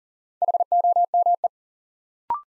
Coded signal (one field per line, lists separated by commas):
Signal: Morse code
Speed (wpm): 40 wpm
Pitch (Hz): 700 Hz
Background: none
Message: HOME